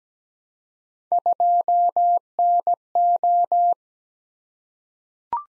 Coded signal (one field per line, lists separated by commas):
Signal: Morse code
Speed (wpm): 17 wpm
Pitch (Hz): 700 Hz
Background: none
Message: 2NO